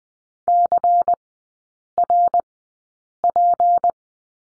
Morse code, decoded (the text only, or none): CRP